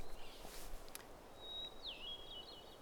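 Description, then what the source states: Hermit thrush song: a long pure held whistle, then a quick fluty phrase that dips and flutters upward, after a few soft rustles. Singing vigorously at higher elevation in the Blue Mountains, around 12:15 in the afternoon.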